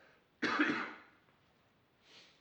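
A single short, harsh cough from an adult man in a quiet room: a slight cough during a mild cold of a few days, with no fever and no vomiting.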